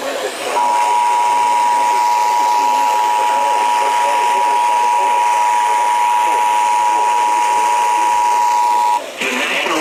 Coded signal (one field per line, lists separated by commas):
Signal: Emergency Alert System (SAME) tones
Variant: 853 and 960 Hz attention tone